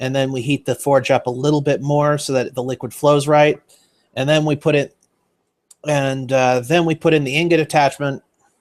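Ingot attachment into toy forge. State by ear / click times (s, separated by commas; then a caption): not seated / none. Someone talks throughout while an ingot attachment is being put into a toy forge set, with a brief sharp sound during a pause at about 5.7 s. The attachment is handled but nothing has seated or clicked into place yet.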